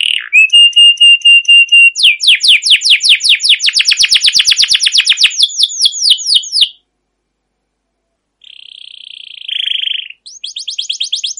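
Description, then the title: Canary song opening with a steady whistle, breaking into a long rapid trill, silence, then a buzzy phrase and renewed trilling. Long trilling rolling (ngerol) song of a canary in full song (gacor), a master recording used as a lure to prompt other canaries to sing. "CUIT CUIT NGEROL LANGSUNG GACOR PANJANG Kenari Ini AMPUH Utk Pancingan KENAR. Masteran Suara Burung Kenari Gacor Panjang cuit cuit Ngerol untuk Pancingan Kenari!"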